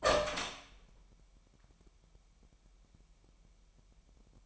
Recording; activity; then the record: daily activity, microphone in the room; open door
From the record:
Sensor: 1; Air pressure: 998.4 hPa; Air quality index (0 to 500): 134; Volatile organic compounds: 4 ppm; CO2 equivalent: 1609 ppm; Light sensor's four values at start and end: 18/61/24/25 and 18/61/24/25